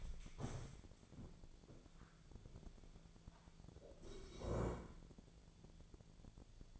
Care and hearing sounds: daily activity, microphone in the room; stand up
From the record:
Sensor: 5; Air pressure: 1000.6 hPa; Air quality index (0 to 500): 147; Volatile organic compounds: 2 ppm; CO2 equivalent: 1136 ppm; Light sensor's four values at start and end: 52/121/51/54 and 52/121/51/54

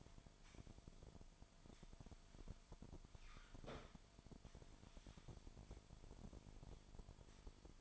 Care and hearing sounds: daily activity, microphone in the room; sweep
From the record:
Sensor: 5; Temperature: 24.7 degrees Celsius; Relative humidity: 41.5%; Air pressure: 1003.2 hPa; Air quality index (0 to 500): 131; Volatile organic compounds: 1 ppm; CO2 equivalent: 963 ppm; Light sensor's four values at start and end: 47/112/47/52 and 47/113/48/53

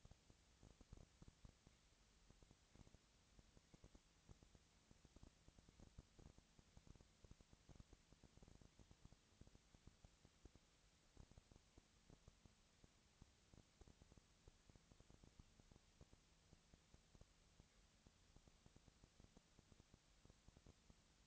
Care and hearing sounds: daily activity, microphone in the room; no activity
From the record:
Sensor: 3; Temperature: 20.4 degrees Celsius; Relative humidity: 34.4%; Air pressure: 996.9 hPa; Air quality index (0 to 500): 205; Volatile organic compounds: 68 ppm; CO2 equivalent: 3498 ppm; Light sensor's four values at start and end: 2/3/2/2 and 2/3/2/2

